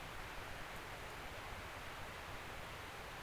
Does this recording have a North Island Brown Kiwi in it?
no